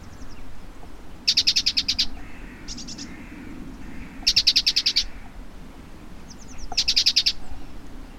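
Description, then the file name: Great tit chattering call: three rapid bursts of about eight harsh, buzzy pulses, each lasting under a second, spaced roughly three seconds apart, with softer short notes between bursts over low background hum. "Parus major"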